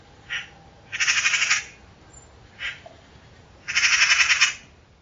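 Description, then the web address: Bird calls: two long, harsh, raspy pulsed calls, each preceded by a brief short note. Labelled with the class "Pi Pi Pi Pi". "cianscape birddata Deverinetal 2025"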